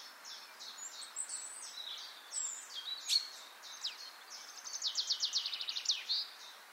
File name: Poecile palustris